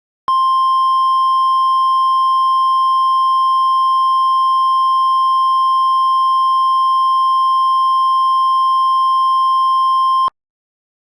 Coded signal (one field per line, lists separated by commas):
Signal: Emergency Alert System (SAME) tones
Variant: 1050 Hz attention tone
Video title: SLIGHTSANITY 12: FLORIDA’S REDEMPTION - EAS Alerts From 5/4/25 - 5/14/25 (EAS #3767-3878)